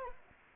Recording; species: mosquito wingbeat signal from an infrared sensor; Anopheles arabiensis